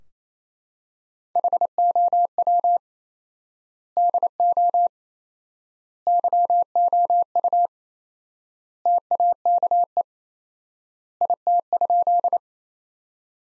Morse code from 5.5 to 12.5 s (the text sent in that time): YOU TAKE IT?